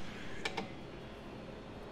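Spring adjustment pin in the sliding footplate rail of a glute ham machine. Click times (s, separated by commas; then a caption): 0.5 s, 0.6 s. A spring adjustment pin drops into a hole on the rail of a glute ham machine's sliding steel footplate carriage, making two quick clicks at 0.5 s and 0.6 s. The pin is seated and locked in place.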